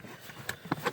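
A finger presses down on the popped-up reset button of the inertia fuel shutoff switch inside a Ford Focus after a collision. Quiet handling is broken by small sharp ticks near 0.5 s and 0.7 s and a softer knock near 0.9 s. The button has not yet gone home, and nothing has seated or clicked yet.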